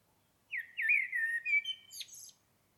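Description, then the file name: Common blackbird singing a smooth, whistled warble that slides downward, finishing with a brief scratchy twitter. "Turdus merula"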